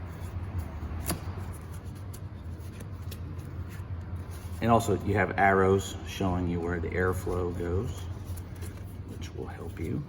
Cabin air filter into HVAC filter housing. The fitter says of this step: And this one pops right in.